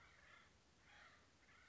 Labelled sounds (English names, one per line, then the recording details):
Acorn Woodpecker
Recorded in Sonoma County, California